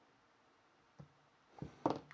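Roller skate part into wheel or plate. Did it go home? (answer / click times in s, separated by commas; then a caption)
yes / 1.9 s. During roller skate maintenance, a skate part, likely a bearing or fitting, is pressed into the wheel or plate. After a quiet start, a soft knock comes at about 1.0 s and a pressing, rubbing sound at about 1.6 s, then a sharp snap at 1.9 s with smaller clicks at 1.9 s and 2.1 s. The part snaps into place and is seated.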